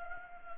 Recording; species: mosquito wingbeat signal from an infrared sensor; Anopheles gambiae